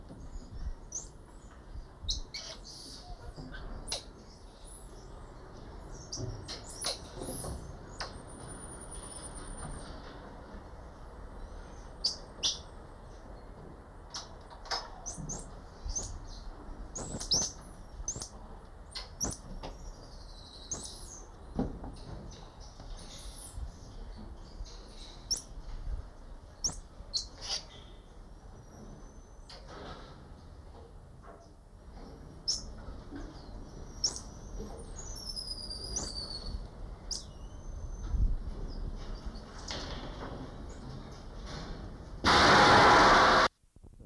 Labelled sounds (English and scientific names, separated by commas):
Common Squirrel Monkey (Saimiri sciureus) call